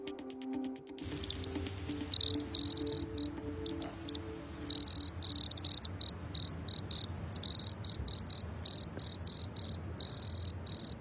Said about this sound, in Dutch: Maar de boskrekel is alom tegenwoordig. Vooral op de droge zandgronden van ons land laat hij zich goed horen.